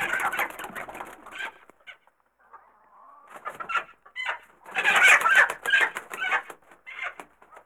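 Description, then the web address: Chickens clucking and squawking excitedly in overlapping bursts, a loud flurry at the start, a brief lull, then another noisy outburst of rapid clucks and cackles. Chickens in a coop, excited. "bird chickens coop ambience excited"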